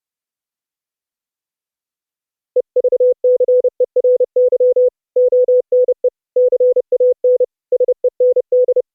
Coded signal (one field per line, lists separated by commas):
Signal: Morse code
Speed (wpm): 30 wpm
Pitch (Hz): 500 Hz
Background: none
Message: EVCERY ONE CAN SEND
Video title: Raspberry PI HUB CW Morse Code MIXER sending to the StreamMYAudio Server for muti-OP QSO NET over IP